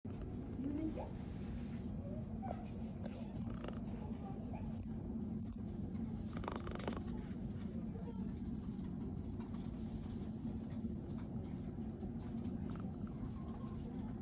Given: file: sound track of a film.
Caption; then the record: Video of AB in a dog with MUO. Note the characteristic squeaky or crunching sound of rubbing of the teeth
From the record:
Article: Bruxism in awake dogs as a clinical sign of forebrain disease: 4 cases